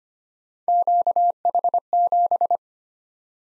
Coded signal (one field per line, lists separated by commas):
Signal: Morse code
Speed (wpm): 25 wpm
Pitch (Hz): 700 Hz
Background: none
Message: QH7